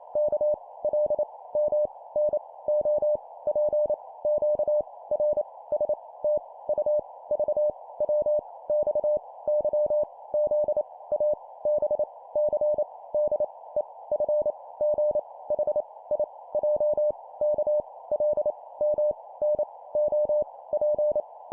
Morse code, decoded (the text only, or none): K L M N O P Q R S T U V W X Y Z A B C D E F G H I J K L M N O P